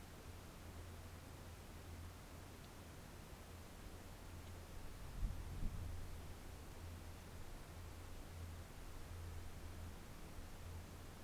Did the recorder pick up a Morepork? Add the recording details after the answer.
no. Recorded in New Zealand on 4 June 2017. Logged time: 19:01. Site Taranaki